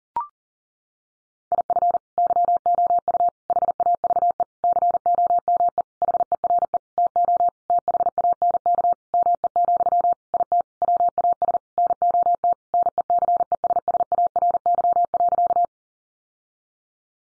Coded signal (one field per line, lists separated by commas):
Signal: Morse code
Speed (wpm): 37 wpm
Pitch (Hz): 700 Hz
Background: none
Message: IF YOU HAVE COME HERE TO THANK ME, IT WAS NOT NECESSARY.